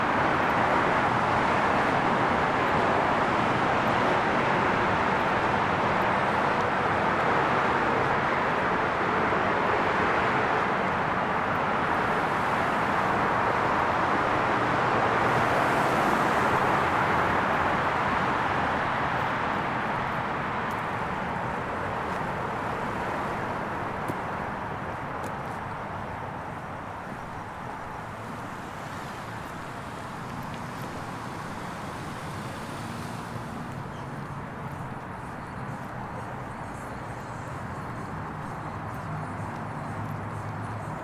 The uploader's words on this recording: A slightly different walk thought the area around my hotel in San Antonio. Slightly different path through the buildings along 410. For this walk I recorded on an F6 via the line-out of a an H5 and it’s stereo X/Y capsule. Slightly more handling noise because of the cable into my bag.